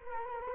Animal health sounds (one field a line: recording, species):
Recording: mosquito wingbeat signal from an infrared sensor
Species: Culex quinquefasciatus